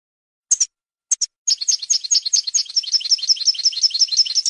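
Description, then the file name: European goldfinch: a few brief, separate chirps, then a long rapid run of bright, jingling twitters. "audio burung goldfinch"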